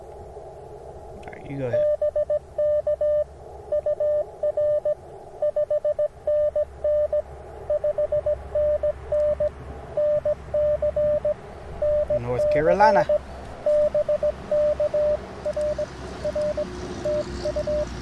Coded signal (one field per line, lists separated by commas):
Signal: Morse code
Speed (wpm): 22 wpm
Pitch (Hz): 600 Hz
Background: speech, radio noise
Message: BK UR 5NN 5NN NC NC BK R R TU